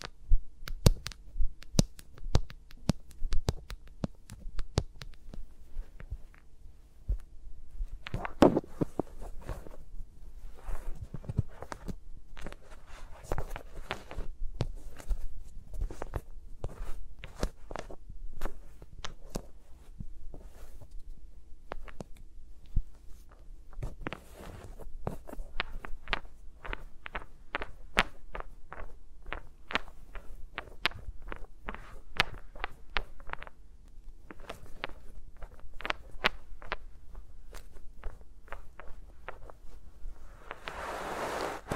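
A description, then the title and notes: Fingers tap and brush around microphones in quick, irregular clicks and soft thumps, briefly pausing near seven seconds, ending in a rushing swell. ASMR with Mics Around My Fingers (No Talking).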